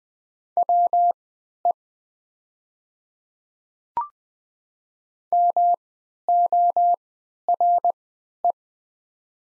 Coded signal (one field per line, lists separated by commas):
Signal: Morse code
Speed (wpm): 20 wpm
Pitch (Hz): 700 Hz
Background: none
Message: WE MORE